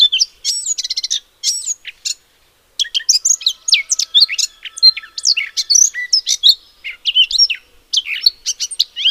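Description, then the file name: Eurasian blackcap song: rapid high warbled bursts, a short silence, then a long tumbling stream of varied twittering notes. "Sylvia atricapilla"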